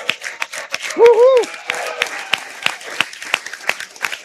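An audience applauds with a steady, dense patter of many hands clapping, and a single loud rising-and-falling whoop of cheering rises above it early on.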